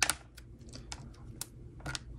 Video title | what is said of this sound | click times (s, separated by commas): Humixx Waterproof Case for the iPhone 15 Pro Max | and you can hear the snapping so you know that things are locking into place | 0.0 s, 0.9 s, 1.4 s